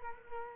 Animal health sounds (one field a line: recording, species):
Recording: mosquito wingbeat signal from an infrared sensor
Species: Culex quinquefasciatus